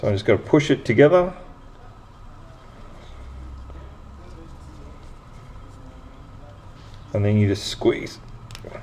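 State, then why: Seated. Someone talks while the two halves of a plastic bath bomb mould, packed with damp mix, are pushed together and squeezed by hand. A short, sharp double click sounds at 8.5 s and 8.6 s as the halves snap shut and seat.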